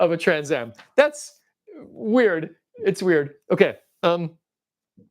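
Someone talks while handling a plastic part of a Thunder Machine toy vehicle that is about to be pressed into the vehicle body. Only speech is heard, with pauses between phrases. Nothing has seated or clicked yet.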